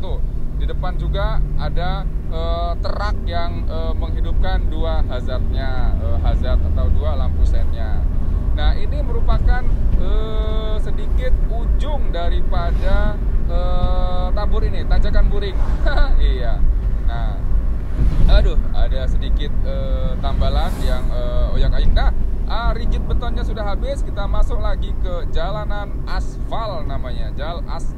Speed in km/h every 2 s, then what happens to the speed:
35, 39, 43, 46, 47, 48, 49, 48, 44, 43, 45, 47, 44, 44.
0-9 speeds up to 48. 9-28 steady at about 45.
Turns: none.